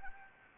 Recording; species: mosquito wingbeat signal from an infrared sensor; Anopheles gambiae